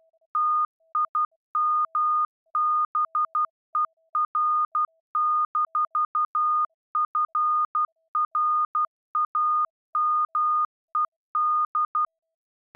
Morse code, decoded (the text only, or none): TIMBER-FRAMED